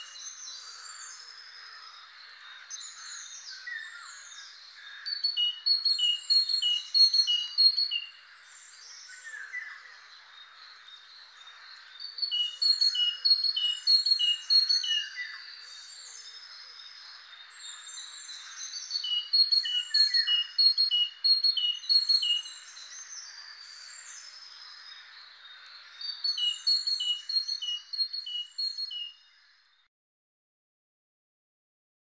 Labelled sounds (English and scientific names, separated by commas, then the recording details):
Great Tit (Parus major) song
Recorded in the wild
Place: Damtschik/Wolgadelta, RU
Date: 2006-05-22
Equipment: MiniDisc Sharp MT 20 H
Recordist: Schwarz, Dieter
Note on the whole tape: Song